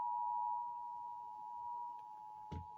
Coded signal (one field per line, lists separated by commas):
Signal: Emergency Alert System (SAME) tones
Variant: 853 and 960 Hz attention tone